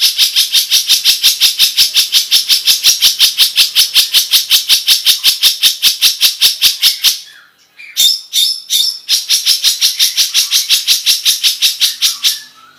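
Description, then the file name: Long-tailed Shrike song: a long, very even series of rapid harsh, buzzy notes, broken once by a short pause and a few sharper notes. "suara cendet"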